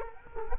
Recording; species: mosquito wingbeat signal from an infrared sensor; Culex quinquefasciatus